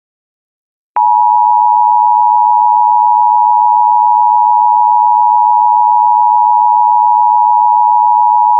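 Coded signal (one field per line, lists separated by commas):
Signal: Emergency Alert System (SAME) tones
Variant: 853 and 960 Hz attention tone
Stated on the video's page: Fictional EAS scenario; may contain valid EAS tones, but the events are simulated.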